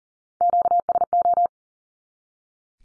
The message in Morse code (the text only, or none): QSO